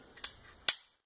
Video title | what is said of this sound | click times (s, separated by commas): Filling my Haversack | locks in place | 0.7 s